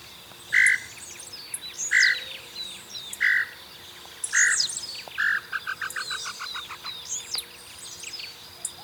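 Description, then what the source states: Tataupa Tinamou call: hollow whistled notes coming closer together, then quickening into a fast, slightly falling string of short notes. Insects and other birds chatter high behind. Recorded in Ecuador.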